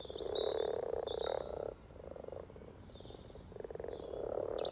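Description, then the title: Frogs purring in a pulsed chorus, loud at first, then softer overlapping croaks, with birds twittering in the background. Chorus of about 20 frogs in sunny garden pond, some floating, some on fresh spawn, welcoming arriving females; Freshfield, Formby, Merseyside, UK; sunny St Patrick's day lunchtime, 17 March 2023, spring. "Frog Chorus Spring sounds first Lunch outside St Patrick’s day 17 March 2023 . Freshfield, Formby"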